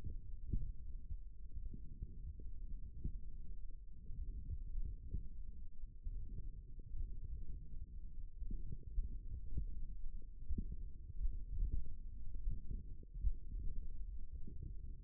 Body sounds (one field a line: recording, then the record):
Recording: forearm muscle sounds (acoustic myography)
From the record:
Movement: forearm supination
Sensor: system 1, eight BSWA MPA416 microphones around the upper forearm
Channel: 2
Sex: male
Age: 18 years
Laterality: right